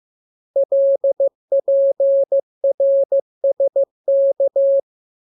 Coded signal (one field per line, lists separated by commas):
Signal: Morse code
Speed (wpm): 15 wpm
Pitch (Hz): 550 Hz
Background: none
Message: LPRSK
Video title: Learning Morse Code. Lesson 11. Letter KMURESNAPTLW